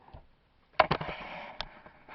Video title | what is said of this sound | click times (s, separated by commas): Mars Attacks! Tiger Electronic Laser Game: An Introduction. | this bottom portion here this for gameplay purposes collapses down and clicks into place like that | 0.8 s